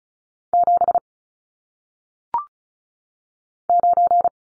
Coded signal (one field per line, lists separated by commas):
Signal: Morse code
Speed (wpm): 36 wpm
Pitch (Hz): 700 Hz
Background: none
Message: 7 9